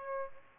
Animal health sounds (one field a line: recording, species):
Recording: mosquito wingbeat signal from an infrared sensor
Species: Aedes albopictus